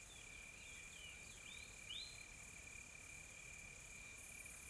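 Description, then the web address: Insects make a steady high hiss with a continuous thin tone, while faint short bird chirps rise and slide briefly near the middle. Calm, soft insects in a tropical forest ambience in South Africa. "Sonniss com - GDC 2020-Game Audio Bundle Smart Sound FX - Nature South Africa AMBIENCE Additional Tropical Forest Soft Insects Calm"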